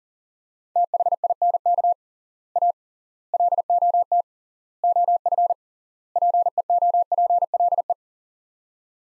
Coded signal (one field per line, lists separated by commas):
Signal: Morse code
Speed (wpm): 40 wpm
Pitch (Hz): 700 Hz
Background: none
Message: THINK A LOT OF PEOPLE